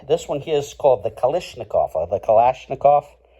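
A man talks about a larger Kalashnikov automatic folding knife whose blade locks open in its handle with a softer, less forceful snap than another knife. In this clip only his speech is heard, and the blade has not yet snapped or locked open.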